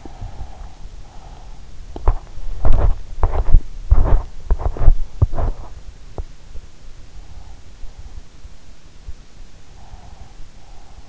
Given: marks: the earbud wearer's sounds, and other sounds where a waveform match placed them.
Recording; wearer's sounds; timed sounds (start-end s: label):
sounds in sleep by an in-ear microphone; breath, body movement
0.00-1.60 s: breath
1.87-6.78 s: body movement
9.48-11.09 s: breath